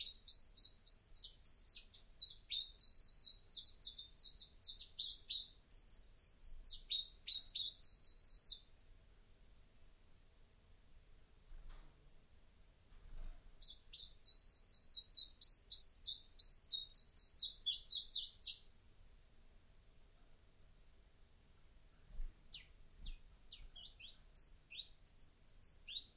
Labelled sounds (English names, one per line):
Common Chiffchaff song